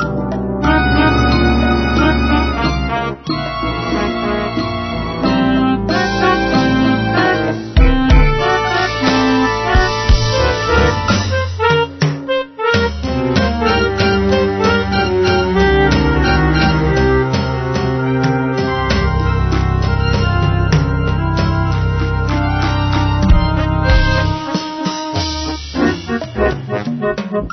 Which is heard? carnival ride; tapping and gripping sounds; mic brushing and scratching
carnival ride